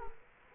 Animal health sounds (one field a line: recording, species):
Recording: mosquito wingbeat signal from an infrared sensor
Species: Culex quinquefasciatus